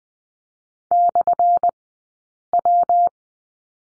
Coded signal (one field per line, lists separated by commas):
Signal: Morse code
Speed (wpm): 20 wpm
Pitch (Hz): 700 Hz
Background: none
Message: /W